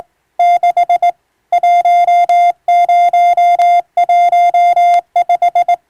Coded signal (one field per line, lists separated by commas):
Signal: Morse code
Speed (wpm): 20 wpm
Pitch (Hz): 700 Hz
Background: none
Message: 6 1015